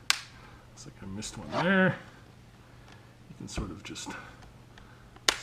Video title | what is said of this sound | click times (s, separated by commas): Replacing the LCD Screen on a Samsung 303C Chromebook | some center ones there clicked | 5.3 s